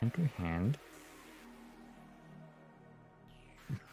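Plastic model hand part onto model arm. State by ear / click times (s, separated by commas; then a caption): not seated / none. Someone talks briefly at the start while fitting a plastic hand part onto the arm of an MG Aile Strike Gundam model kit, followed by quiet background with faint tonal music and a short soft sound around 3.7 seconds. Nothing has seated or clicked in; the hand does not click into place and holds only very loosely.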